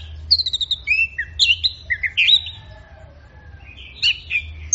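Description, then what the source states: Orange-headed thrush song of descending trills and warbled, slurred whistles, a brief quiet spell, then more fluid phrases and a sharp final note. Bird in full, intense song (gacor teler), used for training songbirds; Indonesian name anis merah.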